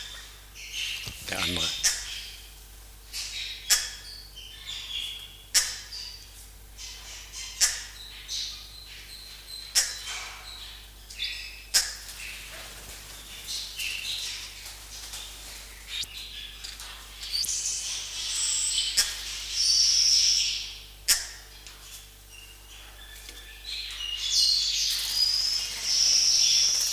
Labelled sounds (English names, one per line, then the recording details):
Double-toothed Barbet call
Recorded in captivity
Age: adult
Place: Zoo Berlin, Berlin, DE
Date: 1998-12-22 14:34
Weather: 0°C, bedeckt
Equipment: Sony MD-WM MZ-R3, Sennheiser MKH 416 T, Kopie Uher 4000 Report Monitor
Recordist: Tembrock, Günter